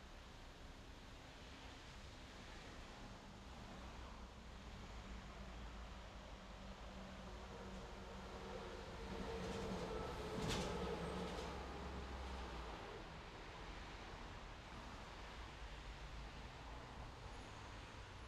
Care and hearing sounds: everyday scene through a hearing-aid microphone; in traffic; traffic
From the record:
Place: main road on the outskirts, rush hour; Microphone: in the ear canal, left

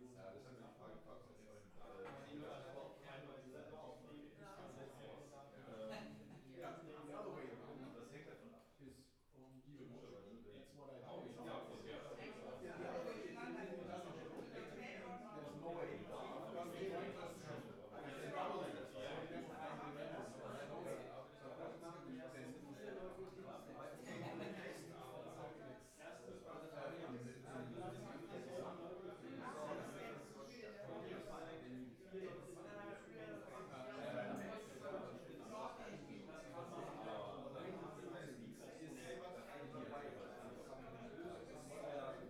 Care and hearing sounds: everyday scene through a hearing-aid microphone; many people talking; many voices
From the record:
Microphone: behind the ear, right, rear

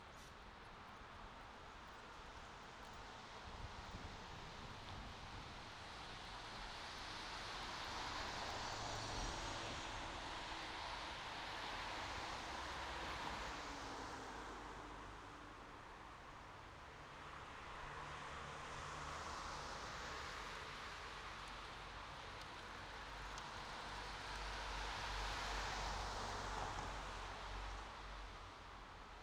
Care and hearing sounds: everyday scene through a hearing-aid microphone; in traffic; traffic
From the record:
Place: bus stop on a city main road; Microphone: in the ear canal, right

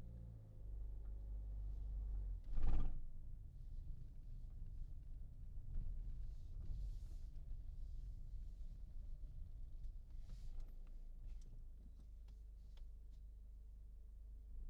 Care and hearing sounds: everyday scene through a hearing-aid microphone; in a vehicle; engine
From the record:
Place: Berlingo II, diesel engine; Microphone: in the ear canal, left

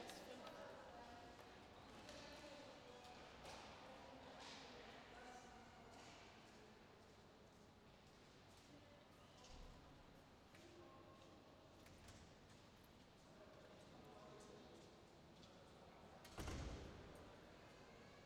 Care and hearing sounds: everyday scene through a hearing-aid microphone; reverberant space; background noise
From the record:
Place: railway station hall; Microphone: in the ear canal, left

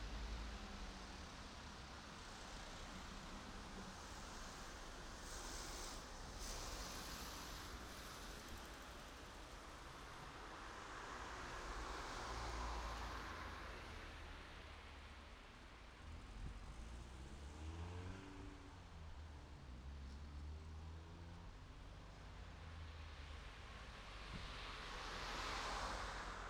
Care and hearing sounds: everyday scene through a hearing-aid microphone; in traffic; traffic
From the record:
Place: city secondary road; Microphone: in the ear canal, right

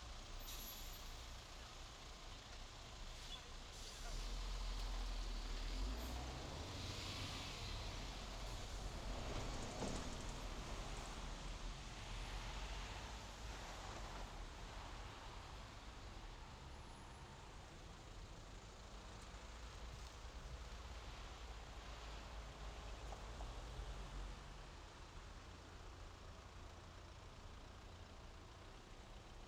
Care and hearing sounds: everyday scene through a hearing-aid microphone; in traffic; traffic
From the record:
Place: main road on the outskirts, rush hour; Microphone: in the ear canal, left

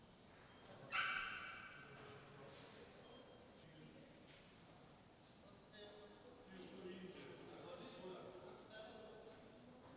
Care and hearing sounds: everyday scene through a hearing-aid microphone; reverberant space; barking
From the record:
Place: railway station hall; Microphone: in the ear canal, left

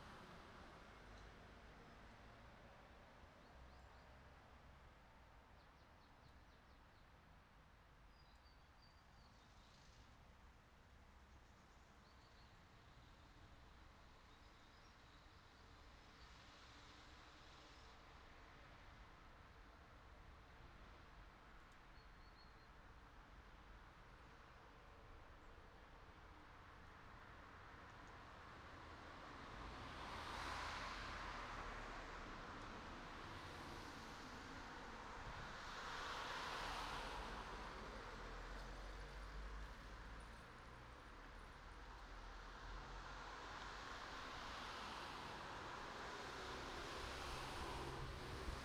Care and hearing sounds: everyday scene through a hearing-aid microphone; in traffic; traffic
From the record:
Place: city secondary road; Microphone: in the ear canal, right

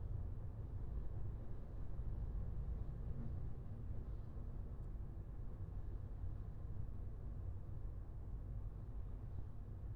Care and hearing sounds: everyday scene through a hearing-aid microphone; in a vehicle; engine, highway driving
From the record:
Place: Skoda Fabia, gasoline engine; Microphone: behind the ear, left, rear

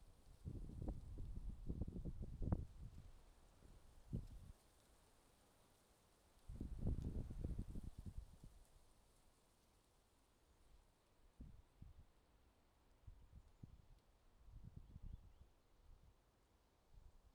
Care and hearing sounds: everyday scene through a hearing-aid microphone; wind on the microphone; wind, traffic, birds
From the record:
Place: suburban garden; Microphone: in the ear canal, left

